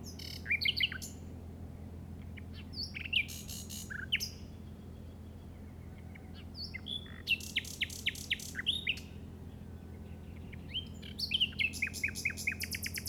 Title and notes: Grabación de ruiseñor común (Luscinia megarhynchos) en el Delta del Llobregat a las 06:00 del 08/05/2015.